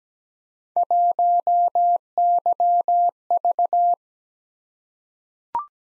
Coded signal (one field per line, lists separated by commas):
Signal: Morse code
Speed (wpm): 17 wpm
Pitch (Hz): 700 Hz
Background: none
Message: 1YV